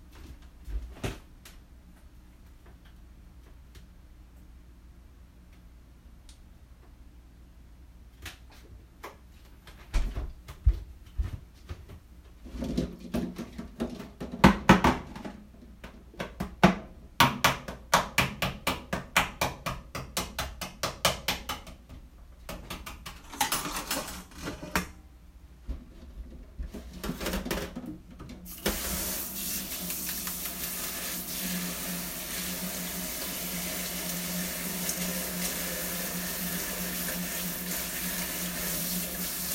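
Kitchen sounds: faint ticking at first, then clattering knocks and clinks from about 10 to 28 seconds, followed by a steady rush of running water.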